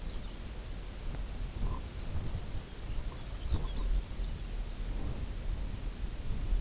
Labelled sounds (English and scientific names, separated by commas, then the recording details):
unidentified sound, Lapland Longspur (Calcarius lapponicus)
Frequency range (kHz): Lapland Longspur (Calcarius lapponicus) 2.0-6.5 kHz
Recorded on Arctic tundra, site UTQI-0, on 16 June 2019
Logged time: 20:00